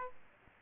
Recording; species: mosquito wingbeat signal from an infrared sensor; Aedes aegypti